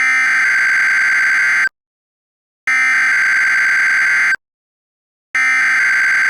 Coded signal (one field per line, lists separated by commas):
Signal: Emergency Alert System (SAME) tones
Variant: header bursts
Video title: a random eas scenario from a fictional state